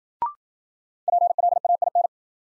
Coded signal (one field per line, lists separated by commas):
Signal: Morse code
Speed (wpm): 53 wpm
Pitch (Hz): 700 Hz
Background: none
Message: PLAIN